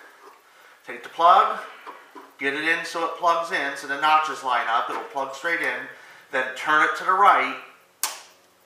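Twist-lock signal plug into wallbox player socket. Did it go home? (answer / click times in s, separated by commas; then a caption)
yes / 8.0 s. Someone talks while a twist-lock signal plug is pushed straight into a wallbox player socket with its notches lined up, then turned to the right. At 8.0 s the metal locking clip gives a sharp, short click as the plug seats into place.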